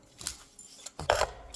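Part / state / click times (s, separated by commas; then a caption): typewriter key top onto metal key lever / not seated / none. A typewriter key top on an Olympia SM3/SM4 is worked with pliers onto its metal key lever, pushed down and rotated forward. Light metallic handling ticks and rattles are heard, with sharper clinks near 0.3 s and 1.1 s. Nothing has seated or snapped into place yet.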